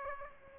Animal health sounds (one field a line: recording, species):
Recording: mosquito wingbeat signal from an infrared sensor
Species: Aedes aegypti